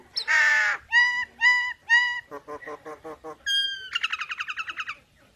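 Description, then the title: Nias hill myna vocalising: a harsh squawk, three loud clear whistled notes, a low rattling series, then a rapid run of ringing harsh notes. Energetic 'gacor' singing with a very loud 'super gledek' voice, used as master material for tutoring songbirds. "Burung Jalak Nias Gacor Suara Super Gledek Untuk Masteran"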